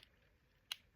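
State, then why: Seated. A plastic lancet needle is pushed into the open holder of a plastic lancing pen until it seats, giving a single short, bright click at 0.7 s. The needle is seated in the lancing device. A faint tick is also heard near the start against a quiet background.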